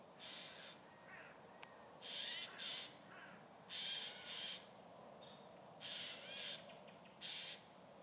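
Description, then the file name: Eurasian jay harsh calls: rasping, screeching bursts of about half a second, repeated irregularly, over steady background hiss. "Garrulus glandarius"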